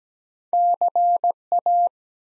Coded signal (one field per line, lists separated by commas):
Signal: Morse code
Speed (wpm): 17 wpm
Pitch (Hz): 700 Hz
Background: none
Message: CA